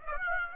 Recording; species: mosquito wingbeat signal from an infrared sensor; Aedes aegypti